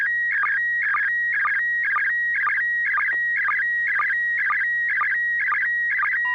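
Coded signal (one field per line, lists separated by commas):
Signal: SSTV (slow-scan television)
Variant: PD120 mode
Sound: warbling tone around 1.9 kHz, rhythmic chirpy bursts with low blips twice a second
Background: low steady hum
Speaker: All right, Bob, thank you. N6PGQ, net control asks for you to give it a go. Okay, this is going to be on PD 120.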